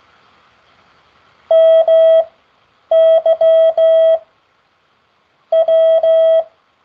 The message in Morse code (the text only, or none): MY W